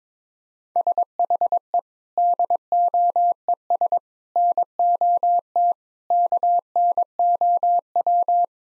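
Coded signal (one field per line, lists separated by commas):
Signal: Morse code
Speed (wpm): 22 wpm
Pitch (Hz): 700 Hz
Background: none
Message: SHE DOES NOT KNOW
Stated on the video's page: Morse practice at 22 wpm of sentences with common four-word phrases for head-copy, each sent, spoken, then sent again.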